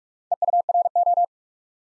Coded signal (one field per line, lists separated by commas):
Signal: Morse code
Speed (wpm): 44 wpm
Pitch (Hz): 700 Hz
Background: none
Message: EURO